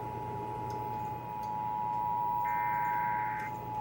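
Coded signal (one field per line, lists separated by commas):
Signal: Emergency Alert System (SAME) tones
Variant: 853 and 960 Hz attention tone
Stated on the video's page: Required Monthly Test in June 2024, captured with an EASyCAP from a Digital Alert Systems/Monroe Electronics DASDEC.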